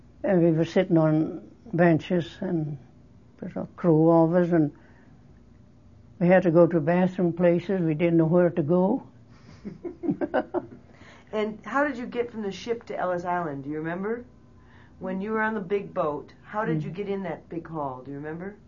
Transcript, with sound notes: And, we were sitting on benches and of us. We had to bathroom places. We didn't know where to go.
(laughs) And how did you get from the ship to Ellis Island, do you remember? When you were on the big boat, how did you get in that big hall, do you remember?